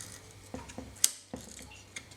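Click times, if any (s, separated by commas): 1.0 s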